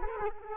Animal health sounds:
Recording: mosquito wingbeat signal from an infrared sensor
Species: Culex quinquefasciatus

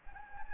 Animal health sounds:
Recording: mosquito wingbeat signal from an infrared sensor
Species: Anopheles gambiae

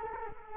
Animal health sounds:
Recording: mosquito wingbeat signal from an infrared sensor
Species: Culex quinquefasciatus

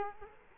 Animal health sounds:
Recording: mosquito wingbeat signal from an infrared sensor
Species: Culex quinquefasciatus

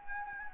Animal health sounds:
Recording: mosquito wingbeat signal from an infrared sensor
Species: Anopheles gambiae

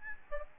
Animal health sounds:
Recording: mosquito wingbeat signal from an infrared sensor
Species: Aedes albopictus

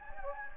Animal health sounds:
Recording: mosquito wingbeat signal from an infrared sensor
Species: Anopheles gambiae

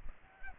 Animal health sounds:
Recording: mosquito wingbeat signal from an infrared sensor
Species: Aedes aegypti

